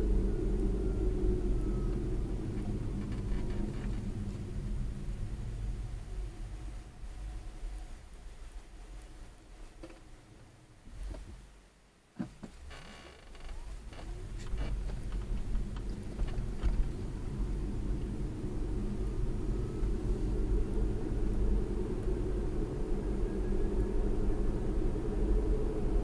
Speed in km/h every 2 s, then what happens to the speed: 37, 27, 16, 5, 2, 0, 2, 15, 26, 32, 37, 44, 45.
0-8 brakes to 2. 8-12 standing. 12-26 pulls away to 45.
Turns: none.